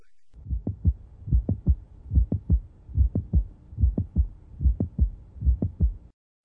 A high frequency, sharp sound, exactly between S1 and S2. Mid-systolic click or mitral valve prolapse.